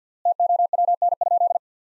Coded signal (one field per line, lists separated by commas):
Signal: Morse code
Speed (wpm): 49 wpm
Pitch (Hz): 700 Hz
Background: none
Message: TOWN?